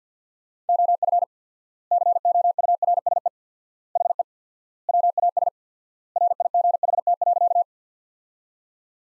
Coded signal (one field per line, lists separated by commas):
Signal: Morse code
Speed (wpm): 49 wpm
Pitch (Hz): 700 Hz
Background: none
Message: OF COURSE HE WAS RIGHT.